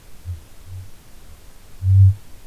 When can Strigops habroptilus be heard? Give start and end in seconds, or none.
0.16-0.89, 1.73-2.47